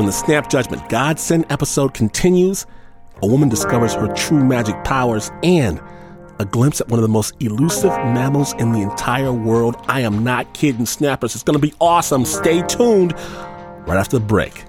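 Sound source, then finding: Adult male radio host. Normal speech.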